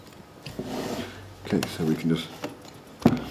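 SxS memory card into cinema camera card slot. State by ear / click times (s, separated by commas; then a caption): seated / 3.1 s. An SxS memory card is pushed into the card slot of a Sony PMW-F55 cinema camera, behind a door that folds down inside the camera body so it won't snap off. Someone talks over light handling noise, and at 3.1 s a short, sharp hit marks the card seating in the slot.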